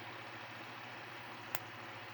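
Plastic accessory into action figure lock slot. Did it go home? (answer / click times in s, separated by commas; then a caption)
yes / 1.5 s. A plastic toy weapon or shield accessory is pressed into its locking slot on a Transformers Kingdom WFC Deluxe Class Paleotrex action figure. A short, sharp snap at 1.5 s stands out against a steady low hum and broadband background noise. The accessory seats and locks into place.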